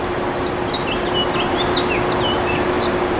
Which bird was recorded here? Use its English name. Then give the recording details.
House Finch. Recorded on Long Island, New York, on 24 April 2012. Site AS. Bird B